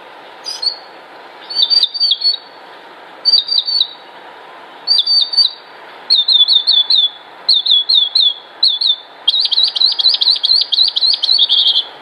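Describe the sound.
Bird song: bursts of high chirps repeated every second or so, ending in a faster run of rapid notes, over a steady low hiss.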